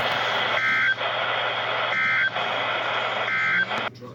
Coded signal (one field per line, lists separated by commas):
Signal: Emergency Alert System (SAME) tones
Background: speech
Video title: Welcome Jackson. (EAS#76)